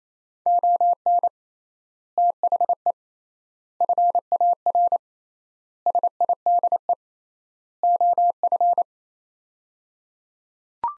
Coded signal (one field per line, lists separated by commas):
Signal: Morse code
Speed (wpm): 28 wpm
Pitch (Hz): 700 Hz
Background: none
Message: ON THE FAR SIDE OF